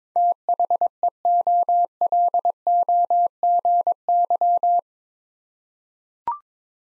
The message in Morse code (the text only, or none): THEOLOGY